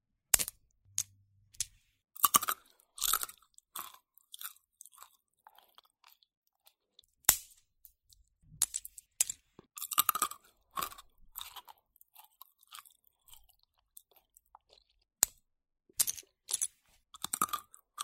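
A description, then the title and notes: Someone eating pistachios, with sharp crunching and cracking bites arriving in irregular bursts throughout. The crisp, bright cracks come every second or two, with quick clusters of chewing around 3, 10 and 17 seconds and brief silent pauses between them. 吃開心果｜ Eating Pistachios.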